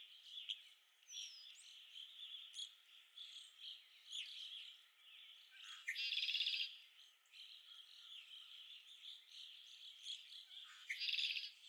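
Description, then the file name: Red-winged blackbird song: two harsh buzzy trills, each led by a short low note, about five seconds apart, over a dense chorus of other songbirds. Recorded at Okalees on 5 May 2021. "2021-05-05 RWBL 26 Okalees"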